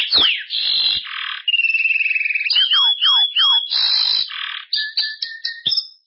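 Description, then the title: Belgian canary singing a varied song of buzzy trills, a steady whistled roll, looping slurred notes and clipped chirps in quick succession. "Canario Belga"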